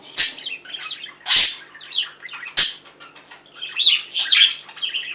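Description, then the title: Budgerigar chatter opening with three loud sharp squawks, then a softer run of warbled chirps. "Budgie Sounds"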